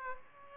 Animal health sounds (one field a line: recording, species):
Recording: mosquito wingbeat signal from an infrared sensor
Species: Culex pipiens